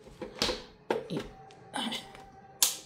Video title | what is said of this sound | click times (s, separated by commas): Nuttin' Better drink with chia seeds | Ayan na, nag-lock na siya. | 2.6 s